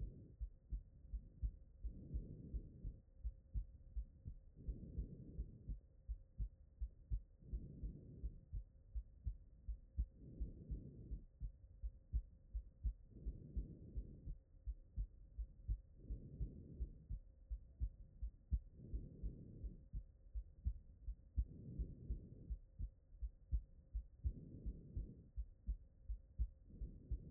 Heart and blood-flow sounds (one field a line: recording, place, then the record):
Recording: heart sounds by stethoscope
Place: tricuspid valve (TV)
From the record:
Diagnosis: HFrEF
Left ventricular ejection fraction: 23%